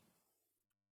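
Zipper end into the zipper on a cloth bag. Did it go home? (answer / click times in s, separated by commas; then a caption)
no / none. The end of a zipper is being fitted into the zipper on a handmade cloth travel bag so the two zipper halves join and lock. A faint, soft handling noise plays over music, fading to near silence after about 0.6 s. Nothing has seated or clicked yet.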